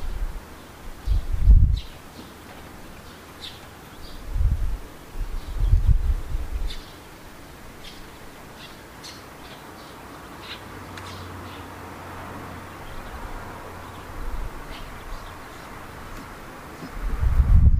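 Birds chirp in short, scattered high calls across the recording over a steady hiss. Low buzzing bursts, like an insect flying past, swell near 1–2, 4–6 and 17 seconds, with a faint low hum around 10–13 seconds.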